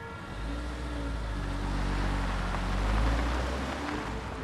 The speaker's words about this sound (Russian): Днем машина Энди едет по крутой дороге